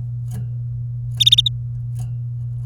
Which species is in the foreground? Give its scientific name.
Serinus canaria